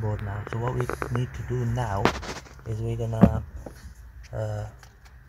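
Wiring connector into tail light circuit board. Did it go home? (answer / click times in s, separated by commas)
no / none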